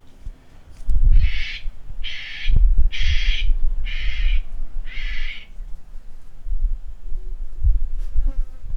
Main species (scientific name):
Pternistis clappertoni